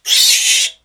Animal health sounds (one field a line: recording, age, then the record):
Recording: pig call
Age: piglet (1 to 25 days)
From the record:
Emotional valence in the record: negative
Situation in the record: restrain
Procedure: back test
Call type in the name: high-frequency call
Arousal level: maximum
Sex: female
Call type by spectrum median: high-frequency call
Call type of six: high-frequency modulated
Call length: 0.85 s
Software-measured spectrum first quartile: 3580 Hz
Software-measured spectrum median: 4945 Hz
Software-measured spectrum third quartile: 7017 Hz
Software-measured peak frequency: 3360 Hz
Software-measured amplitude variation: 165 dB a second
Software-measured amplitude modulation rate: 18.2 a second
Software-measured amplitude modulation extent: 9.0 dB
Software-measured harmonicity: 0.4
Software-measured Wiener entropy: -2.01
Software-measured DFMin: 834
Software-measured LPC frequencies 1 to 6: 2162, 2834, 3588, 4313, 5450, 6168 Hz